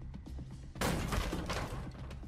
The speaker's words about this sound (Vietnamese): Cánh cửa đột nhiên bị đập bung ra. Từ bên ngoài một đám người mặc đồ đen che kín khuôn mặt, chỉ hở duy nhất một đôi mắt lao thẳng vào bên trong.